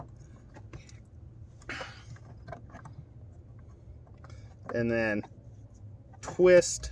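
A tail light bulb socket is worked into a tight spot in the tail light housing of a 2012 Honda Fit, with the plastic handled and lined up before the twist-lock. Faint plastic knocks and scrapes sound over low background hum, and someone talks near the end. Nothing has seated or clicked yet.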